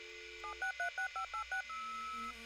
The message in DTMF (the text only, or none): 7636586